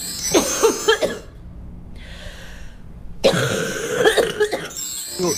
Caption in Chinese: 肺热之痰， 首先它是黏的。粘稠的，另外一个呢，它往往是黄色的，咳的时候不太好咳出来， 咳的粘相对要就是费力一些。 有一种气道粘稠感，对，它气道里有那种黏黏的痰，所以它咳出来可能有点痰鸣的声音。 咳嗽声是带有痰音的，很好区分。 像肺热之痰，口干口苦， 流的是黄鼻涕，流黄鼻涕，嗓子疼的。有的说 热疼，烧疼的。 病期也是一个多月。